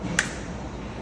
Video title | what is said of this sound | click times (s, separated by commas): How to charge and discharge your electric forklift. | you always want to make sure you hear that click that it's nice and secure and | 0.2 s